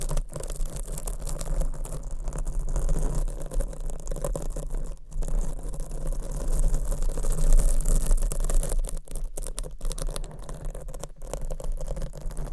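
Microphones are scratched with nails and rubbed against their covers in a dense, continuous rasp. The sound stays busy and steady, with a constant low hum underneath, bright hissy scraping on top, and a few brief gaps near five and eleven seconds.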